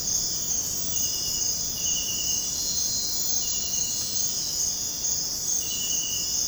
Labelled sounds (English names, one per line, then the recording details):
none
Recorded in dense forest near Puerto Asís, Putumayo, Colombia, on 20 February 2024 at 05:30
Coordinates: 0.503, -76.322
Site G6418